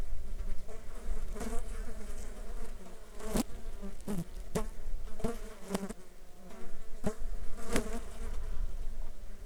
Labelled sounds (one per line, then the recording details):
insects
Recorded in the Arctic National Wildlife Refuge, Alaska, on 7 July 2019 at 09:52
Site 35